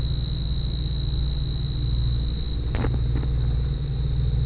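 Cicada, a steady shrill whine running on over a heavy low rumble.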